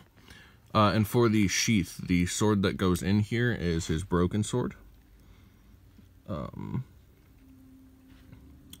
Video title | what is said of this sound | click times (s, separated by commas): S.H. Figuarts Future Trunks Review | yeah that that pops right into the sheath and that | 8.7 s